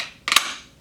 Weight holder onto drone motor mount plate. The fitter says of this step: pull up until it snaps on, and spin it to make sure that it's fully latched.